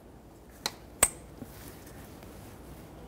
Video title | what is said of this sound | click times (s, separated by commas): How to Replace Fuel Injectors 2003-2007 Honda Accord | I get a nice audible click from there you should get a little bit of movement but it should not be able to pull off of there | 1.0 s